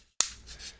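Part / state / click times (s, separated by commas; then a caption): lens hood onto zoom lens bayonet / seated / 0.2 s. A plastic bayonet lens hood with a locking button is twisted onto a Canon RF 24-105 F4 L IS USM zoom lens, so it won't be lost if the lens gets knocked around. After near silence, one sharp click sounds at 0.2 s, followed by faint, softer handling noise. The hood locks into place and won't come off.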